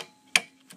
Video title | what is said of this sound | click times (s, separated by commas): Office Tipintrik - Replacing Computer Parts | it snaps right in and snaps it up. | 0.4 s